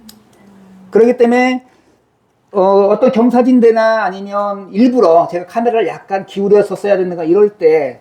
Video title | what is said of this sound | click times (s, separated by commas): 몽골하늘 휴대폰 천체사진촬영 20250705 144527 | 어떤 특정 각도에서 이렇게 락이 걸리게 돼 있거든요. 이런 식으로요. | 0.1 s